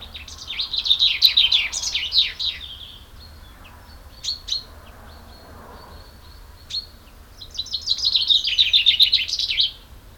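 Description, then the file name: Common chaffinch song, two loud descending trilled phrases with a terminal flourish, separated by a few short sharp call notes. "Fringilla coelebs"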